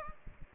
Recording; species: mosquito wingbeat signal from an infrared sensor; Aedes aegypti